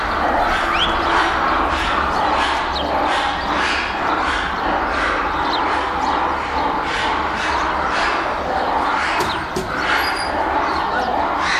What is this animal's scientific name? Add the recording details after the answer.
Colobus guereza. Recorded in captivity. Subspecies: caudatus. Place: Zoo Berlin, Berlin, DE. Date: 1996-04-20 17:29. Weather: sonnig, 23°C. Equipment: Sony MD-WM MZ-R3, Sennheiser MKH 416 T, Kopie Uher 4000 Report Monitor. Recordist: Tembrock, Günter